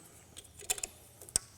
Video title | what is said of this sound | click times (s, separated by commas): Replacing the EGR valves in a Discovery 3, Discovery 4 and Range Rover Sport | pushes on you click when it's in place | 1.4 s